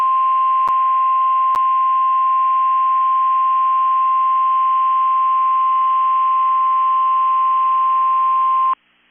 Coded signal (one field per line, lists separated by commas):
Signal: Emergency Alert System (SAME) tones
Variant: 1050 Hz attention tone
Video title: NOAA Weather Radio (KEC65 Minneapolis) - Required Weekly Test (EAS #93)